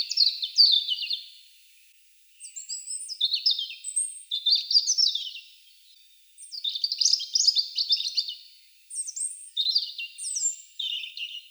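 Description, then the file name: European robin singing a run of rich, tinkling, high warbles, each phrase varied and lasting a few seconds, with brief silent gaps between them. "Erithacus rubecula"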